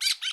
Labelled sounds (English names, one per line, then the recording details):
Brown-throated Parakeet contact call
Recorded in Bonaire
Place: 1 km N of power plant, rd to Republiek
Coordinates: 12.184, -68.285